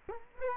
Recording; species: mosquito wingbeat signal from an infrared sensor; Culex quinquefasciatus